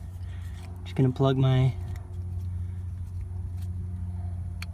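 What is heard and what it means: A vehicle sensor's electrical connector is plugged back into its socket during reassembly after a fuel filter job. Someone talks briefly over a steady low hum, then a sharp snap at 4.6 s seats the connector in place.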